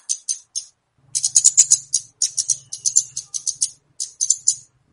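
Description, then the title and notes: Flowerpecker song, thin high clicking notes in quick bursts of three to eight, with brief gaps between bursts and a faint low hum beneath. Lure song (pikat) used for attracting birds. "Kicau Pancing Burung Kemade ( Cabe Cabean) 5. Suara Burung Cabe Cabean Pikat"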